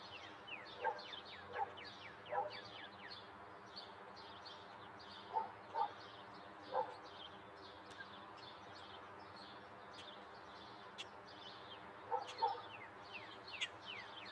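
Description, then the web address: Birds singing, with a series of short descending high chirps and several louder clipped notes repeated in small bursts over a steady low background hum. Suburban daytime birds. "Epidemic Sound. Suburban Day Birds"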